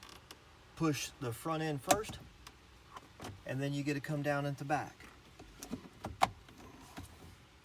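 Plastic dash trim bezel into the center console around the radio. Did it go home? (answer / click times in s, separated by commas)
yes / 6.2 s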